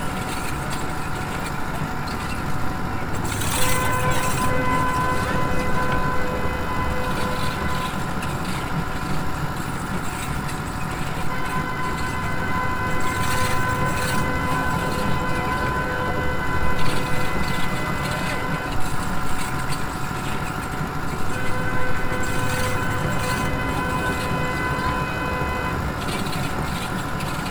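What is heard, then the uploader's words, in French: A small train runs with a steady low rumble and rattle, steady whining tones over it, and brief clanks around four, thirteen and twenty seconds. Petit train. Gokarna.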